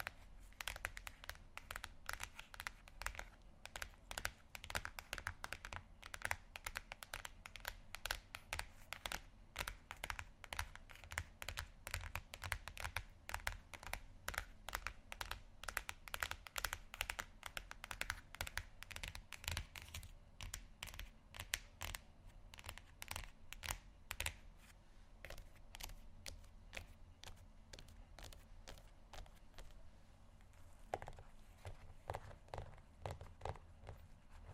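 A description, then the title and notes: Quick, dense tapping runs unbroken for the whole stretch, crisp clicks landing several times a second over a steady low hum, with occasional louder taps. ASMR Tapping Only Sleep Time（No Talking）.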